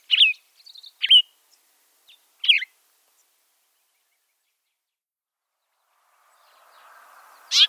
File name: Gray Vireo